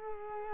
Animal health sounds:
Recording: mosquito wingbeat signal from an infrared sensor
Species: Culex quinquefasciatus

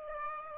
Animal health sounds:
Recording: mosquito wingbeat signal from an infrared sensor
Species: Aedes aegypti

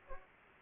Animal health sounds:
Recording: mosquito wingbeat signal from an infrared sensor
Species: Anopheles arabiensis

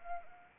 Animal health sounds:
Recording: mosquito wingbeat signal from an infrared sensor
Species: Anopheles arabiensis

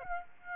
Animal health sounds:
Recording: mosquito wingbeat signal from an infrared sensor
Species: Aedes aegypti

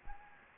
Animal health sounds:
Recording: mosquito wingbeat signal from an infrared sensor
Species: Anopheles gambiae

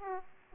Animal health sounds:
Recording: mosquito wingbeat signal from an infrared sensor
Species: Aedes aegypti

